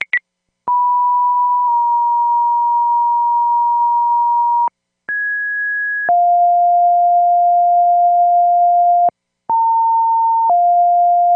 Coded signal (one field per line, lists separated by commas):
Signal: two-tone page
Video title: Cities of New Hampshire Structure Fire Tones